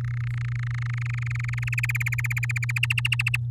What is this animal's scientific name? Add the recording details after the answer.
Serinus canaria. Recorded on 9 May 2018 at 10:43. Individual llb16